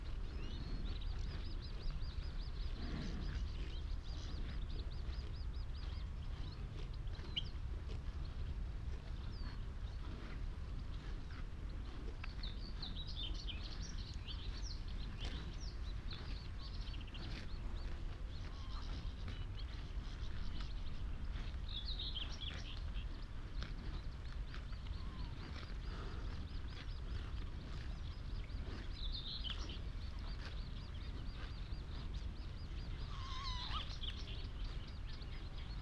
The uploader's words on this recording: Out in the wide open on Higham Marshes in Kent on a warm May afternoon. The sound scene of the Higham Marshes nature reserve from a little hawthorn tree in full scented blossom. Giant operating container ports rumble on the same horizon.